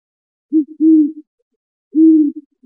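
Great horned owl: low resonant hoots, a quick note and a long hoot, then another long hoot, with the next hoot beginning as the recording ends.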